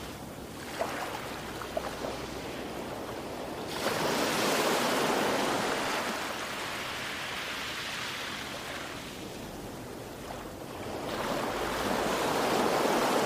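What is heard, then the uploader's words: Ocean waves wash in with a full, hissing rush, swelling into louder breakers around four seconds and again near eleven seconds, easing back to a softer fizz between. The sound is dense, with a faint low rumble underneath. Ocean Sounds.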